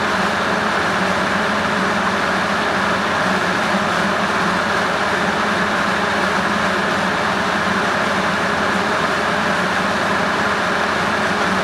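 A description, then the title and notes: An old rusty fan runs steadily, giving a dense, unchanging whir with a rough, rumbling low hum underneath and a bright airy hiss on top. The level stays constant throughout, continuous, with no distinct events or pauses. Ambient sound with a old rusty fan.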